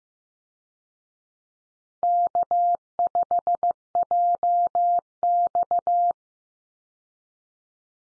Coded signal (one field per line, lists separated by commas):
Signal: Morse code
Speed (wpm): 15 wpm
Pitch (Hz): 700 Hz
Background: none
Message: K5JX